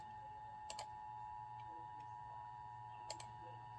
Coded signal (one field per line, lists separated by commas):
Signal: Emergency Alert System (SAME) tones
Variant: 853 and 960 Hz attention tone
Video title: VENANGO REFRESHER (L.S. EAS #130-131) 2 Severe Thunderstorm Warnings